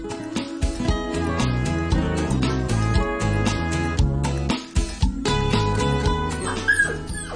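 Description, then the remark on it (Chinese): A puppy at a pet shop whimpers and yips in a steady run of high, thin cries, with a sharper rising yelp near the end. “咦，先生系你啊？你带狗仔嚟冲凉？”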